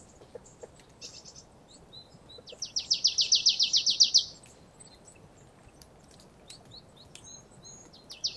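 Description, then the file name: Marsh tit giving a quick burst of many sharp, high notes, with scattered thin chirps before and after. A faint hiss runs underneath. "Poecile palustris"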